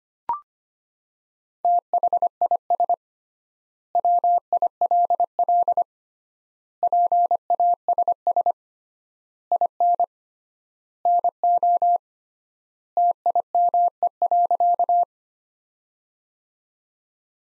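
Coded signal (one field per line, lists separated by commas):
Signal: Morse code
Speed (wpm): 25 wpm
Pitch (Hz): 700 Hz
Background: none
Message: THIS WILL PASS IN NO TIME.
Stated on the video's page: Morse practice sentences built from the 400 most common words at 25 wpm with 3x standard word spacing, a word-level analogue of Farnsworth spacing.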